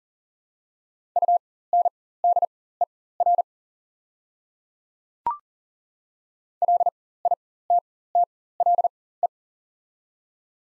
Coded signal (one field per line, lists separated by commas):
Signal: Morse code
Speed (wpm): 42 wpm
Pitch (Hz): 700 Hz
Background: none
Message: UNDER LITTLE